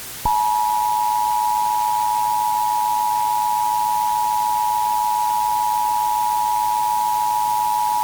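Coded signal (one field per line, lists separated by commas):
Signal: Emergency Alert System (SAME) tones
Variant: 853 and 960 Hz attention tone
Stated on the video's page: Fictional scenario of a Florida power plant meltdown; tones are likely valid.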